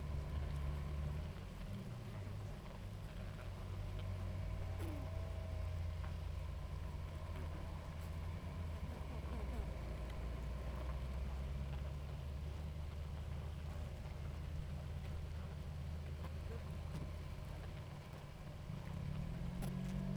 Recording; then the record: honeybee colony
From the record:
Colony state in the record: active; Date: 28 July 2017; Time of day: 18:37